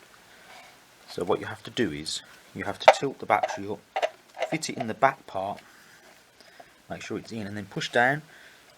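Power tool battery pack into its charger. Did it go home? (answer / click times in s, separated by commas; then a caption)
no / none. The lithium-ion battery pack of a Bosch PSB 1800 LI-2 cordless combi drill is tilted so its rear contacts meet the contacts of its plastic charger, then pushed down toward it, while someone talks throughout. A faint handling sound comes at about 6.4 s. The clip ends before the battery locks in, so nothing has seated or clicked yet.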